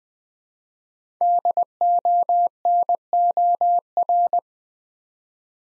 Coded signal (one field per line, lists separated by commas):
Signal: Morse code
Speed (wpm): 20 wpm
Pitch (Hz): 700 Hz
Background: none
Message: DONOR